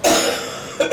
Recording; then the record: coughing mixed with background sound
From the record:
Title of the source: Cough Around the Clock!